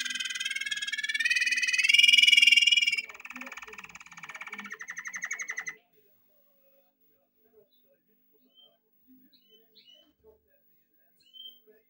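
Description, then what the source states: Canary song: rapid high trills rising in pitch over three seconds, then a lower buzzy rattling tour, stopping abruptly halfway, followed by silence with faint ticks. Song used for training.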